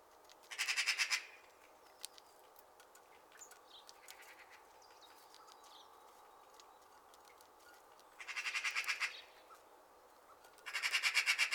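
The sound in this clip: Magpie giving three dry rattling bursts of fast clacks, separated by long pauses filled with soft chirps and ticks from other birds.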